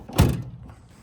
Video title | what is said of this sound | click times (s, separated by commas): How to Open the Hood for an Audi (A3) / VW | When you do this, you should hear a click, telling you that the latches have been closed. | 0.2 s